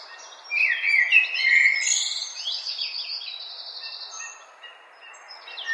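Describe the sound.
Bird song of sweet whistles and a long buzzy trill, with softer chirps trailing off toward the end.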